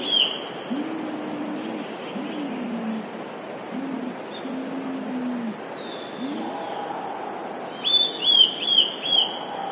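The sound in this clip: Eurasian blue tit's high three-note whistled phrase near the end, after a long stretch of low, repeated cooing from another bird.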